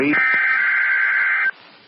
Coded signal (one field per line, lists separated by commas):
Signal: Emergency Alert System (SAME) tones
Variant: header bursts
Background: speech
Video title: EAS Required Weekly Test on NOAA broadcastify Radio (2/7/2024) EAS #317